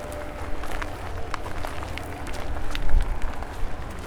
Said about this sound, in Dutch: We lopen nu over het bruggetje.